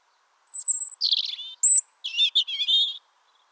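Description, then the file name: European robin delivering one short song phrase: a high, drawn whistle, a falling warble, another piercing whistle, then rippling liquid trills. "Erithacus rubecula"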